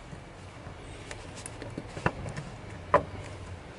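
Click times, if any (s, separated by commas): 2.9 s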